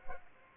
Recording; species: mosquito wingbeat signal from an infrared sensor; Culex pipiens